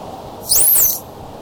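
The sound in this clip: Dolphin whistle: one very high, arched tone rising then falling over about half a second, above a low steady background hiss.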